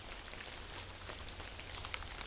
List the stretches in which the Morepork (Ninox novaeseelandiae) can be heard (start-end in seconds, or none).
none